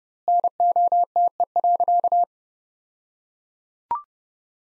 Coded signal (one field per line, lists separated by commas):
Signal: Morse code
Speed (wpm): 29 wpm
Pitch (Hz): 700 Hz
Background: none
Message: NOTE.